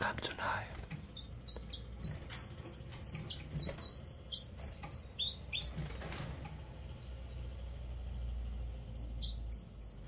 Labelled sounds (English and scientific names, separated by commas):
Common Chiffchaff (Phylloscopus collybita)